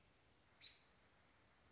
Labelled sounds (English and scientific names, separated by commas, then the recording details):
American Robin (Turdus migratorius)
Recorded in Sonoma County, California